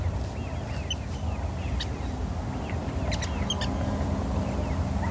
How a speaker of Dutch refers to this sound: Het is een waterral. Zo'n waterral kan krijsen als een big, maar dus ook subtielere geluiden maken waarvan je je niet rot schrikt als je in de polder loopt.